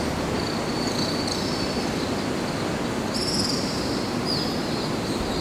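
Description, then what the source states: House swift giving several high, thin screeching trills, the clearest near the middle, over constant loud low rumbling noise. 2 August 2009.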